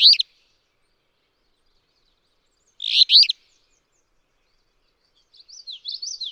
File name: Alder Flycatcher